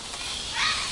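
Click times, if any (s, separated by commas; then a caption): none. A Glock 19 pistol is handled and pushed toward a custom kydex holster, making a soft scraping rustle that swells in the upper frequencies around 0.6 seconds. Nothing has seated or clicked yet, as the pistol is not yet home in the holster's retention.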